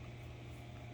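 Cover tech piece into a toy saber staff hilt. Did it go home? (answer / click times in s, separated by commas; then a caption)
no / none. A cover tech piece is handled at its hole in a plastic toy saber staff hilt, about to be pushed in so it locks in place with no more sliding. Only a steady low hum and broadband noise are heard, with no sharp sounds. Nothing has seated or clicked yet.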